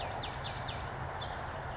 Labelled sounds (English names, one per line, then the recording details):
House Finch
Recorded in Sonoma County, California